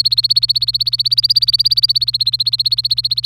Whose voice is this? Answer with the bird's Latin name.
Serinus canaria